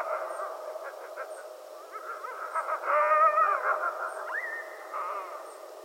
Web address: sounds mammals Coyote 2012 02 15 Coyotes